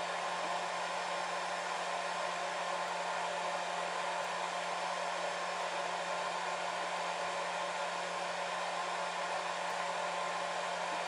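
A hair dryer runs continuously at a constant level, producing a dense rushing hiss of air that fills the mids and highs. Beneath it sits a steady low motor hum, and nothing changes across the whole stretch.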